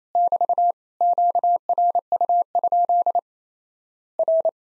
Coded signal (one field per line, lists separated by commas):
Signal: Morse code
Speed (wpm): 28 wpm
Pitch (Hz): 700 Hz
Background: none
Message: <BT> QRU? R